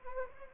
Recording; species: mosquito wingbeat signal from an infrared sensor; Anopheles arabiensis